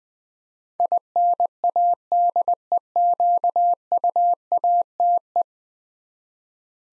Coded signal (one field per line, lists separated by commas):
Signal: Morse code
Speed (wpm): 20 wpm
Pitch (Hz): 700 Hz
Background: none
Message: INADEQUATE